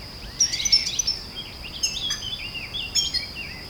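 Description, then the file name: European goldfinch giving liquid, twittering notes and short rising-falling chirps in loose bursts, over a steady high-pitched tone in the background. "Carduelis carduelis"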